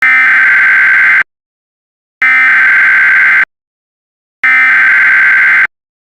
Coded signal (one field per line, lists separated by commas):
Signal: Emergency Alert System (SAME) tones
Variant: header bursts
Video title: EAS mock | what a civil danger watch would be issued for.